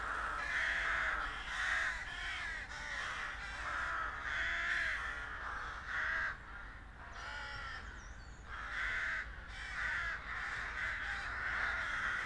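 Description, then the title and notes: Crows cawing in rapid harsh bursts, a short pause midway, then more calls, with constant low traffic noise behind. Crows in a small park near the Rhine bank, Josef-Bueb-Straße, Breisach am Rhein, Germany, with street noise. "Josef-Bueb-Straße, 79206 Breisach am Rhein, Deutschland - Krähen und Straßenlärm. Kleiner Park nähe Rheinufer. Straßen- und Krähenlärm"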